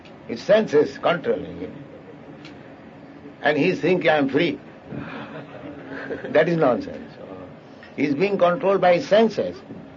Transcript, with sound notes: His senses are controlling him, and he is thinking, “I am free.” (laughter) That is nonsense. He is being controlled by his senses,